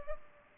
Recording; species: mosquito wingbeat signal from an infrared sensor; Culex pipiens